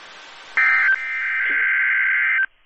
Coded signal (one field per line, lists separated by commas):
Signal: Emergency Alert System (SAME) tones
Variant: header bursts